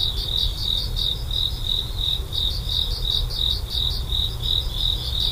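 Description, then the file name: Cricket song, continuous high-pitched pulsed chirping in an even, rapid rhythm with a low background rumble. "korogi"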